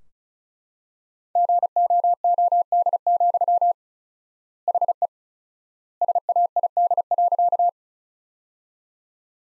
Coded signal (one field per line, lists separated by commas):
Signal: Morse code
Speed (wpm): 34 wpm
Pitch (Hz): 700 Hz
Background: none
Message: GOOD, HE SAID.